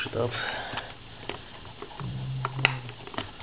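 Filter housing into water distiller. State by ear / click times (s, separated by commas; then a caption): not seated / none. After the coil filter is put back inside, the filter housing is handled and pushed up toward its place in the water distiller while someone talks. Brief handling knocks and taps are heard, but nothing has seated or clicked yet.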